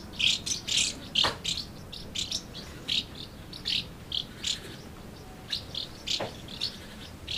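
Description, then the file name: Swallows giving short, sharp chirping calls in quick repeated bursts, with brief pauses between clusters. Recorded at Amblagnieu on 2 July 2017 with an MZ-N710 recorder. "MZ-N 710 Hirondelles Amblagnieu 2 07 17"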